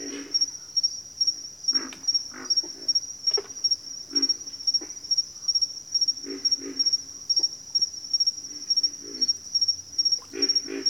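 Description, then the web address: Pig frog grunts, short gruff croaks coming in uneven runs, some louder than others, against a steady high-pitched insect chorus. "Sounds of Nature Collection. Pig Frogs"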